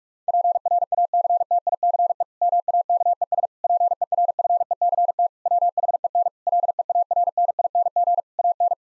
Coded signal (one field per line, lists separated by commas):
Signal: Morse code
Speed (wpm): 46 wpm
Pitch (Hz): 700 Hz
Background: none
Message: PRACTICE MAKES PERFECT WHEN LEARNING AN